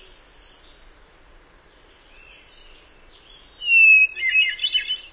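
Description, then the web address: Hermit thrush singing one phrase near the end: a long pure whistled note sliding slightly, followed by a quick jumble of higher, ringing flute-like notes; quiet beforehand. "Songs of Birds of North America Know Your Bird Sounds Common Western Species. Hermit Thrush"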